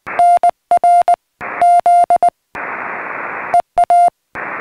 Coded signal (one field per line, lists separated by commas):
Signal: Morse code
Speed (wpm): 19 wpm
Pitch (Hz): 700 Hz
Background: radio noise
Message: NR Z EA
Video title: CW Paddle Kit Prototypes Coming Soon